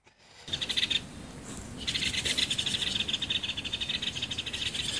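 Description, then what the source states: Great Spotted Woodpecker quarrel calls: fast, harsh rattling chatter of rapid repeated notes, starting after a brief pause with a short burst, then after a short gap running almost continuously to the end. Two individuals at a fat feeder, also chasing each other in a dead pine in the yard, quarrelling; sounded like a neighbour starting a frozen separator; nearly -30 degrees frost; on a holiday; Riipi.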